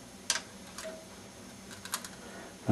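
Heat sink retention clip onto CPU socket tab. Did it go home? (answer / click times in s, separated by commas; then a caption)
yes / 0.3 s. A heat sink is held over a PGA processor while its first metal locking clip is hooked onto the CPU socket tab, giving a sharp click at 0.3 s as the clip seats. A few fainter ticks follow around 0.8, 1.9 and 2.0 s, with a louder knock at the very end.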